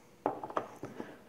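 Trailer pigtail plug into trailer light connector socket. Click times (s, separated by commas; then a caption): 0.3 s, 0.6 s. A trailer pigtail cord plug is pushed into the truck trailer's electrical light connector socket, and the spring door is closed over it to lock it in place. Sharp clicks are heard at 0.3 s and 0.6 s, with softer knocks around them. The plug is seated and locked in place.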